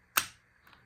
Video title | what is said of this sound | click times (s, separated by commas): RC ERA C186 Helicopter- Unboxing & indoor test flight- RC Cincy | nice firm click | 0.2 s